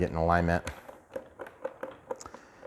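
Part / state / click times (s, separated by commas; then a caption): screw into foam airframe part / not seated / none. Someone talks briefly, then lines up a screw on a foam airframe part of an E-flite F-15 64mm before driving it in, getting the alignment right rather than ramming it in. Only soft handling taps follow, and nothing has seated or clicked yet.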